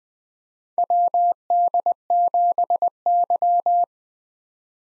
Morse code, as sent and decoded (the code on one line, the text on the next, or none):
.-- -.. --... -.--
WD7Y